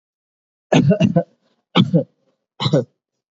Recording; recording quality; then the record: shallow voluntary cough; excellent, no background noise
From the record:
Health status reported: recovered from COVID-19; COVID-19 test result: positive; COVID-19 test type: RT-PCR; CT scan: not taken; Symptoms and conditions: cough, cold, sore throat, fever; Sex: male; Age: 41 years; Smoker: no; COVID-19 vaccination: both doses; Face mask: not worn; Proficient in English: no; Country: India